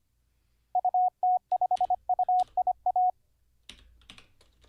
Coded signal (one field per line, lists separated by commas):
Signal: Morse code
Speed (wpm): 25 wpm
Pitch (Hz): 730 Hz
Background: none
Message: UT5UIA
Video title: How To Learn Morse Code LIVE with N0SSC (Day 23)